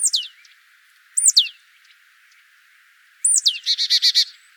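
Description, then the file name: Marsh tit calls: three sharp, high, down-slurred notes, then a fast buzzy series of several harsh notes near the end. "Poecile palustris"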